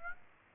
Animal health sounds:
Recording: mosquito wingbeat signal from an infrared sensor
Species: Aedes aegypti

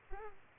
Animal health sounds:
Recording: mosquito wingbeat signal from an infrared sensor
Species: Culex pipiens

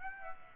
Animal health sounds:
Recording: mosquito wingbeat signal from an infrared sensor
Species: Aedes aegypti

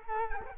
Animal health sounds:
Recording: mosquito wingbeat signal from an infrared sensor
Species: Culex quinquefasciatus

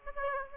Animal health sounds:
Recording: mosquito wingbeat signal from an infrared sensor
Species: Aedes aegypti

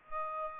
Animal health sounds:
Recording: mosquito wingbeat signal from an infrared sensor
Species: Aedes aegypti

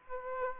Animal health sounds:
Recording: mosquito wingbeat signal from an infrared sensor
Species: Aedes aegypti

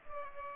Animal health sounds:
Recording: mosquito wingbeat signal from an infrared sensor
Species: Culex pipiens

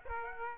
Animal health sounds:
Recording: mosquito wingbeat signal from an infrared sensor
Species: Aedes aegypti

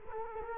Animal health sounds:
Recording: mosquito wingbeat signal from an infrared sensor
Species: Culex quinquefasciatus

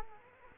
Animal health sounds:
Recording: mosquito wingbeat signal from an infrared sensor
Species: Culex quinquefasciatus

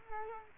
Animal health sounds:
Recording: mosquito wingbeat signal from an infrared sensor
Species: Culex quinquefasciatus

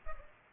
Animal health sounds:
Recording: mosquito wingbeat signal from an infrared sensor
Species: Culex pipiens

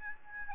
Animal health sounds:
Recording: mosquito wingbeat signal from an infrared sensor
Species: Aedes albopictus

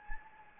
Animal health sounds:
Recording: mosquito wingbeat signal from an infrared sensor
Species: Anopheles gambiae

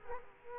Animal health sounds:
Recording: mosquito wingbeat signal from an infrared sensor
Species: Culex quinquefasciatus

